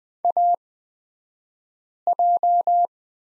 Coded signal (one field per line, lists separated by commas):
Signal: Morse code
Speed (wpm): 20 wpm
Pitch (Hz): 700 Hz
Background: none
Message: AJ